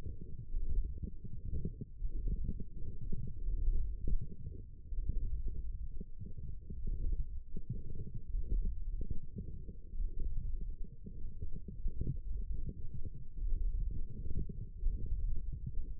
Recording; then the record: forearm muscle sounds (acoustic myography)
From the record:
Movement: wrist extension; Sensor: system 1, eight BSWA MPA416 microphones around the upper forearm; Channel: 3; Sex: female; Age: 21 years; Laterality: right